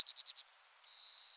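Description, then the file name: Yellowhammer song ending: a few quick high repeated notes followed by two sustained, thin, drawn-out whistles, the last lower in pitch. "emberiza citrinella"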